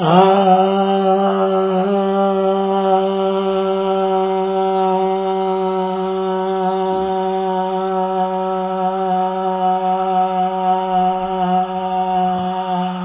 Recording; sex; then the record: sustained vowel /a/; male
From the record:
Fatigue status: fatigue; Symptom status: symptomatic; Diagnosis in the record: COVID-19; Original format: 3gp